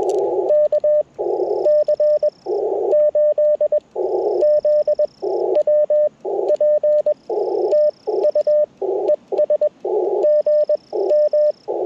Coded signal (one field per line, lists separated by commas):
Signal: Morse code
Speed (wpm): 21 wpm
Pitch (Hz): 600 Hz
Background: radio noise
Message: KC8ZWP TU ES GM